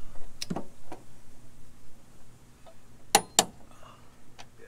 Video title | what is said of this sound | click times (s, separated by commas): How To Stop Your S550 Mustangs Rear End From Making Noise + How To Drop Subframe | going until you hear that little click. | 3.2 s, 3.4 s